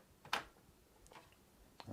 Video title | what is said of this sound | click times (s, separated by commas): How To Install A Graphics Card & Remove Drivers AMD Or Nvidia DDU Software Cleaner | hopefully you've heard that so it's clicked into place | 0.3 s